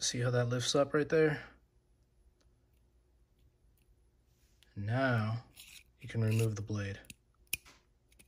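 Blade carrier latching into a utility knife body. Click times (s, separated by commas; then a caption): 7.5 s. Someone talks while changing the blade on a cheap metal utility knife, then pushes the blade carrier back into the knife body. A sharp click sounds at 7.5 seconds as the carrier latches and locks into place.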